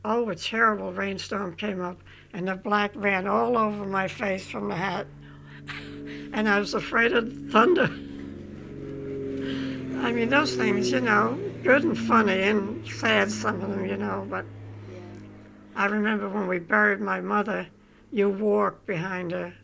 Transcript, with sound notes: Oh, a terrible rainstorm came up and the black ran all over my face from the hat (she laughs) and I was afraid of the thunder. I mean those things, you know, good and funny and sad, some of them, but -- I remember when we buried my mother, you walked behind a